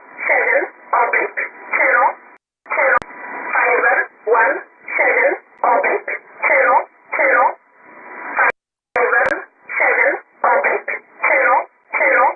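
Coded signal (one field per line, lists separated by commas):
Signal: numbers station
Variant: E11 Oblique, English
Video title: 18 01 2018 E11 Oblique Numbers station in English to Eu 0645 on 7840 unknown tx site in USB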